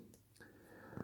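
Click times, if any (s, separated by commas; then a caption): none. A small plastic ignition coil for a scale model Ferrari F40 engine is handled and pushed toward its holes in the cylinder head cover. Faint handling sounds, a brief tap near 0.1 s, and a rough, louder scrape of plastic at the end are heard. Nothing has seated or clicked yet.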